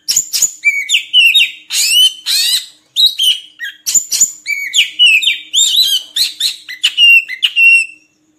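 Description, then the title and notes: Oriental magpie-robin song in a continuous rapid stream of varied whistles, chirps and slurred notes, dense and energetic for about eight seconds before stopping. Oriental magpie-robin song made for training kept birds to sing (gacor) day and night. "Kacer Jadi Gacor Siang Malam. Isian Kacer Durasi Panjang"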